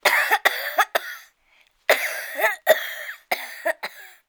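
Three short bursts of a child's cough, then another series of about five coughs after a brief pause.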